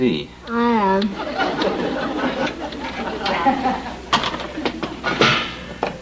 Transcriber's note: laughter